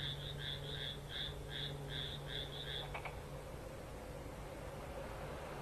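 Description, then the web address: Frog croaking in a quick run of several short pulsed notes over the first three seconds, then stops; low hum and background noise. "kaeru kaeru"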